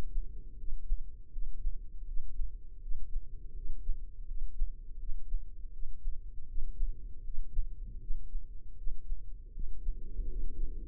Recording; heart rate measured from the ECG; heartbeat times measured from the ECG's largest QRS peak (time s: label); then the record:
heart sounds by microphone in the left ear; 80 bpm
0.56 s: heartbeat
1.30 s: heartbeat
2.05 s: heartbeat
2.80 s: heartbeat
3.53 s: heartbeat
4.26 s: heartbeat
4.98 s: heartbeat
5.71 s: heartbeat
6.46 s: heartbeat
7.22 s: heartbeat
7.99 s: heartbeat
8.75 s: heartbeat
9.52 s: heartbeat
10.27 s: heartbeat
From the record:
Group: healthy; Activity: rest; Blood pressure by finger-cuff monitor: 112/74 mmHg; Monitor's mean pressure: 87 mmHg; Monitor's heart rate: 80 bpm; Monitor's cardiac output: 5.5 L/min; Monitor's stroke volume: 69 mL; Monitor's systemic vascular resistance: 1160 dyn s/cm5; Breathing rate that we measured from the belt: 19 breaths a minute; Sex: female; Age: 43 years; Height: 160 cm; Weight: 90 kg